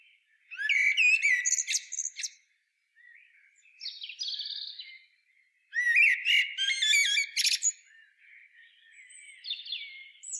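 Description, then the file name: Common blackbird song of repeated phrases: mellow whistled warbles topped with shrill twittering flourishes, with short pauses between them. "Turdus merula"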